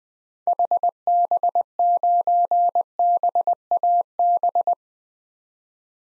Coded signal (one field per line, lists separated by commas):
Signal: Morse code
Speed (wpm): 21 wpm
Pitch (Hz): 700 Hz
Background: none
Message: HB9BAB